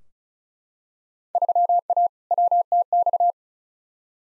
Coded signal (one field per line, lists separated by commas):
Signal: Morse code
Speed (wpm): 36 wpm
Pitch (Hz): 700 Hz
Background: none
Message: 3A WTX